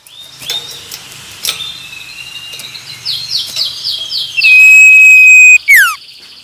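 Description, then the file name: Common iora song: a long even trill followed by a quick falling note, after softer chirps and a low hum. Male. "suara burung cipoh jantan"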